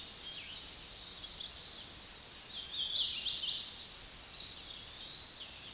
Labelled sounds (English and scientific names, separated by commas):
Hooded Warbler (Setophaga citrina) song